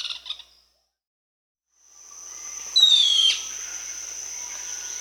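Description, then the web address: Plain-brown woodcreeper giving a single slurred whistle that drops in pitch, heard once over a steady high insect drone with faint chirps at the start. Recorded in the Amazon region of Peru. "Natures Songs S America Birds of the Amazon 2. Plain-brown Woodcreeper (Dendrocincla fuliginosa), Peru"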